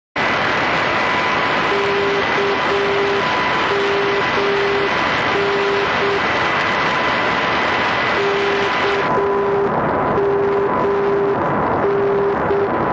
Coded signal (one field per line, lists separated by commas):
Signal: Morse code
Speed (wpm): 7 wpm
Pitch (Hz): 400 Hz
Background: none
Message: KMN KMN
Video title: NDB: KMN (-.- -- -.) 399 kHz Burgas, Bulgaria 2022-05-17